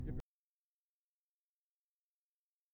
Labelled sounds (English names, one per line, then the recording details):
House Finch song
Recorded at Hewlett Harbor on Long Island, New York, on 10 June 1975
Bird C